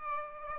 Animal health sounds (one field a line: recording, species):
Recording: mosquito wingbeat signal from an infrared sensor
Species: Aedes aegypti